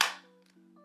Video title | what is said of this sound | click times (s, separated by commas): Best EDC Gear 2024 - New Year's Eve! | satisfying click retention it's | 0.0 s